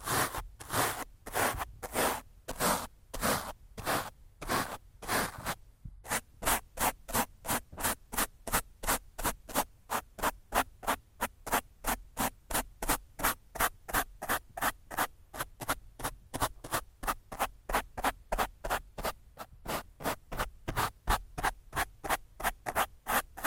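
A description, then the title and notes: Rough scratching and brushing strokes on a microphone. The first six seconds hold slower, longer strokes, about one per second; after that the scratches turn quick and regular, around three per second, each a sharp hissy burst with a low thump underneath. ASMR Rough Mic Scratching & Brushing (No Talking).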